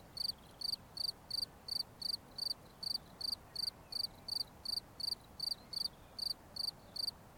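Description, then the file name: Cricket song of crisp, high chirps in a steady rhythm, nearly three per second. "Grillons"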